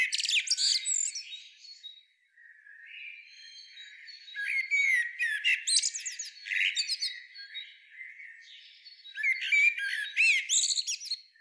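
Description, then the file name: Common blackbird calls: bursts of squeaky, scratchy twittering with rising and falling notes, separated by a quieter stretch of thin, sustained high tones. "Turdus merula"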